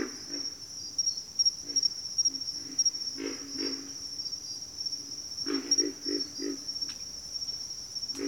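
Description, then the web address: Pig frog giving low, throaty grunts, scattered early then a quick run of four or five, with constant shrill cricket chirping behind. Several pig frogs. "Natures Songs Sleep Sounds of Nature CRICKETS Pig Frogs"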